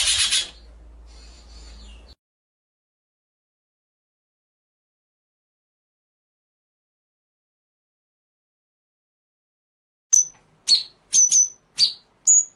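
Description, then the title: White-rumped shama song: a quick burst of sharp, high whistled notes near the end, after a noisy opening burst and a long silence. Full song in the 'ngerol nembak' style, a training track. "Masteran Murai Batu Full Ngerol Nembak"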